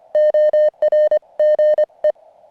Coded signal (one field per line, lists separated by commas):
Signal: Morse code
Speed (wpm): 25 wpm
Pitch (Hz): 590 Hz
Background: none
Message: ORGE